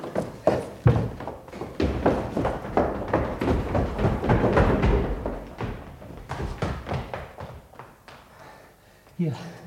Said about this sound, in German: Richtig, die Tür wird geöffnet.